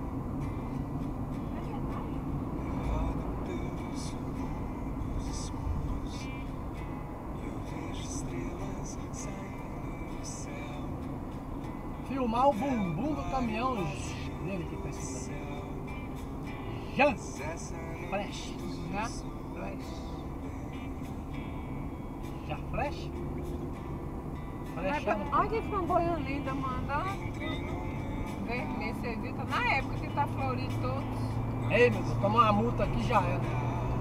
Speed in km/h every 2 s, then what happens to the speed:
90, 91, 91, 92, 91, 87, 81, 79, 75, 75, 76, 79, 82, 86, 92, 98, 102.
0-7 steady at about 91. 7-18 slows to 75. 18-34 speeds up to 102.